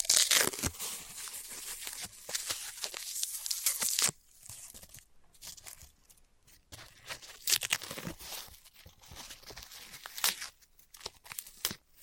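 Floral foam is crushed and torn in dense, crackling bursts for four seconds, then sparser scratchy crunches and brief quiet gaps follow.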